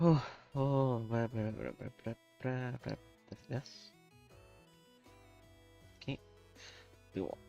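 A plastic building brick piece is handled near a block figure while someone talks over background music, with a short sharp tap around 6.0 s. The piece has not yet been pushed on, and nothing has seated or clicked yet.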